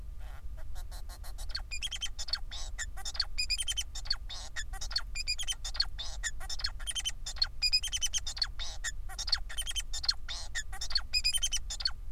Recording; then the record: song of a male Bengalese finch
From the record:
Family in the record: son of father 4